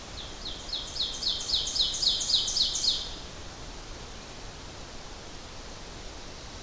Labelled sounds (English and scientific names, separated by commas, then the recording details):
Ovenbird (Seiurus aurocapilla) song
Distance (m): 35 m
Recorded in boreal forest in Alberta, Canada, on 12 June 2016 at 06:05
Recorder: SongMeter 3, array SBT-3-18
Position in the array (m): 68 m, 310 m
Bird 32